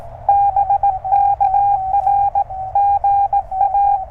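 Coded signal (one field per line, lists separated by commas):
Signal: Morse code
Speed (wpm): 18 wpm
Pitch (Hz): 800 Hz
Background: radio noise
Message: BK R GA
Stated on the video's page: QRP CW POTA park activation working DX with a speaker wire antenna tuned by a ZM-2 tuner.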